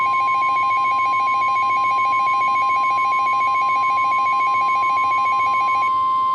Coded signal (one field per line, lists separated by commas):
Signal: Emergency Alert System (SAME) tones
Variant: 1050 Hz attention tone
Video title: Spring's Grand Entrance - EAS Alerts From 3/22/2026 (EAS #593-609)